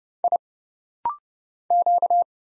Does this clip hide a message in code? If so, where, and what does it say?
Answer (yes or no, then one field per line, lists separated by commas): yes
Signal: Morse code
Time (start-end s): 0.2-2.2 s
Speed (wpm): 29 wpm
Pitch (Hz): 700 Hz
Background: none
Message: I Q